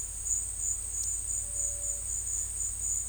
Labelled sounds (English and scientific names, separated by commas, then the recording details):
none
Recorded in secondary vegetation near Puerto Asís, Putumayo, Colombia, on 20 December 2024 at 13:00
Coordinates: 0.481, -76.318
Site G042